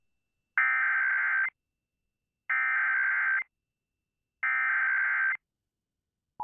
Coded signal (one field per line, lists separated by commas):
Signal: Emergency Alert System (SAME) tones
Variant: header bursts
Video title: EAS Mini-Compilation: Dallas-Fort Worth, Texas AMBER Alert (WBAP-AM/NOAA Weather Radio)